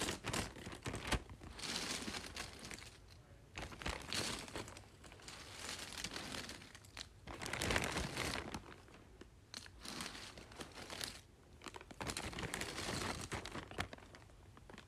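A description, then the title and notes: Small pieces of cardboard are shuffled and handled, giving a continuous dry crinkling and scraping with frequent sharp crunches. The rustling comes in uneven bursts, with louder flurries around the 1, 7.5, 10 and 12 second marks and brief quieter gaps between. ASMR Shuffling Small Cardboard Pieces.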